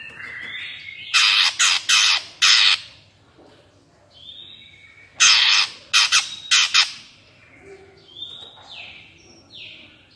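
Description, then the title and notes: Greater green leafbird producing clusters of harsh squawks, followed by several thin, slurred whistles. Active singing bird with crest raised, in the ngentrok song style, described as melodious; recording made as a master track for training captive greater green leafbirds. "Cucak Ijo Gacor Ngentrok Jambul Nembak. suara burung cucak ijo gacor, merdu cocok buat masteran burung cucak ijo"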